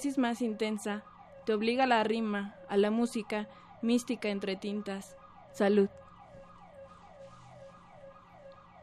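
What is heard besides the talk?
emergency vehicle siren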